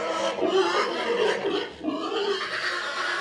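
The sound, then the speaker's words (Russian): A newly bought pig squeals and grunts as it is being led along, in a continuous, strained run of high, nasal cries with rough lower grunts, fairly loud and steady throughout with brief dips. “купили свинью.”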